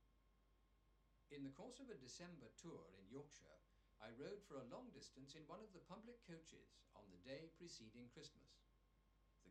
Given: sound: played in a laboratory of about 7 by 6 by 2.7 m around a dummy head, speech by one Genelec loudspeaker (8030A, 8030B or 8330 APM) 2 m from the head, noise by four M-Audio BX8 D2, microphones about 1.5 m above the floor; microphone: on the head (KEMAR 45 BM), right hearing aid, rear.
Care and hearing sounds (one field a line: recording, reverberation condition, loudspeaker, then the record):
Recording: male speech in English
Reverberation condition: low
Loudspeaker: behind (180 degrees)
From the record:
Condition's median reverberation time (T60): about 310 ms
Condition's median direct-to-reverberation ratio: about 3.5 dB